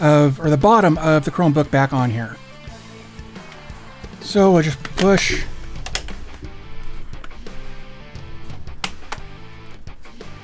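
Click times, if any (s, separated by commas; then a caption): 5.9 s, 6.1 s, 7.2 s, 8.8 s, 9.1 s. The plastic bottom cover of a Chromebook is pressed back onto the laptop chassis after the M.2 drive has been swapped. Over background music, someone talks, then the cover's retaining clips snap in as short, sharp clicks at 5.9, 6.0, 6.1, 7.2, 8.8 and 9.1 seconds. The cover is seated with its clips snapped into place.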